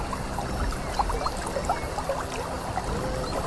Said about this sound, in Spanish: Aquí es el que sale el agua, aquí le dicen el ojo del agua. El ojo del agua, porque hay mucha agua. Aquí había un vertiente.